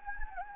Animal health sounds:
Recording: mosquito wingbeat signal from an infrared sensor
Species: Anopheles gambiae

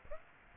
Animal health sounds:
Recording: mosquito wingbeat signal from an infrared sensor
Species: Aedes aegypti

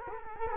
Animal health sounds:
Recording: mosquito wingbeat signal from an infrared sensor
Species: Culex quinquefasciatus

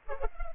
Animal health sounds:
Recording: mosquito wingbeat signal from an infrared sensor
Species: Culex pipiens

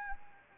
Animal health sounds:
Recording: mosquito wingbeat signal from an infrared sensor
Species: Anopheles gambiae

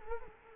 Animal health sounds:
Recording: mosquito wingbeat signal from an infrared sensor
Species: Culex quinquefasciatus

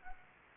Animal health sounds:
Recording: mosquito wingbeat signal from an infrared sensor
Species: Anopheles arabiensis

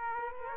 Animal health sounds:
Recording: mosquito wingbeat signal from an infrared sensor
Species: Aedes aegypti

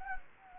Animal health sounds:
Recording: mosquito wingbeat signal from an infrared sensor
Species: Anopheles gambiae

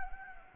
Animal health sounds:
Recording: mosquito wingbeat signal from an infrared sensor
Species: Anopheles gambiae

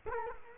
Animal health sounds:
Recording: mosquito wingbeat signal from an infrared sensor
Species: Culex quinquefasciatus

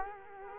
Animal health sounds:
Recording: mosquito wingbeat signal from an infrared sensor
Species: Culex quinquefasciatus

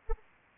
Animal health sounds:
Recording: mosquito wingbeat signal from an infrared sensor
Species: Anopheles arabiensis

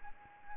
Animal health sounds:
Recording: mosquito wingbeat signal from an infrared sensor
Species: Anopheles gambiae

